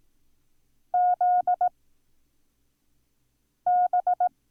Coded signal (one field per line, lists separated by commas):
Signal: Morse code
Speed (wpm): 18 wpm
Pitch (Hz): 720 Hz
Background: none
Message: Z B